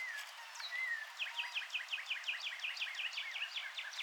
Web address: wroblowe ptaki progne subis